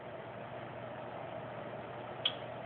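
A click-type torque wrench set to about 15 ft-lb tightens a bolt during clutch work on a Hyundai Tiburon, over a steady broadband hiss. The wrench gives a single sharp click at 2.3 s when the set torque is reached, confirming the bolt is torqued.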